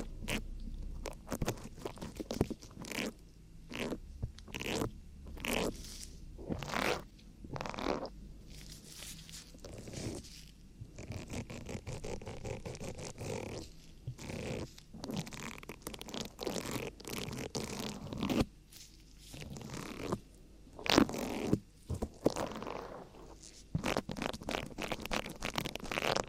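Ear cleaning ASMR: dense, irregular bursts of crisp scratching and rustling with brief pauses, some sharp crackly strokes, continuing throughout.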